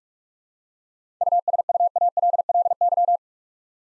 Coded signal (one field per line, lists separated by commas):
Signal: Morse code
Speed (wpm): 42 wpm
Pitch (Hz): 700 Hz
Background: none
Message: USUALLY